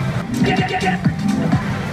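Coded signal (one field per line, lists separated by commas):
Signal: none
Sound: slot machine sound effect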